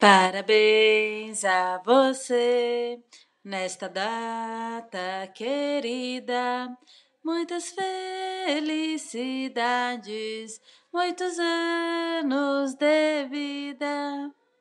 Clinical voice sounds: short text; Brazilian Portuguese; female; 30 to 39 years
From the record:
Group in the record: control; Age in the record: 37 years

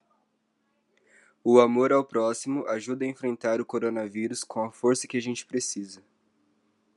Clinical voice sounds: spoken sentence; Brazilian Portuguese; male; 20 to 29 years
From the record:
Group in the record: control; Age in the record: 21 years

